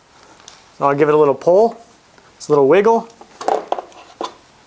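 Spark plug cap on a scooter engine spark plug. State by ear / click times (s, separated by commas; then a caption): released / 3.7 s. Someone talks while pulling and wiggling the rubber spark plug cap off the spark plug on a Honda Navi scooter engine. After a few small scrapes, the cap comes free with a sharp pop at 3.7 s, and it is released.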